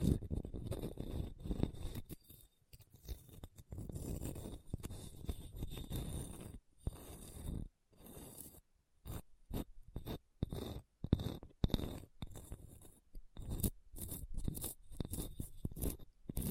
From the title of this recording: Hard and Bumpy Surface Scratching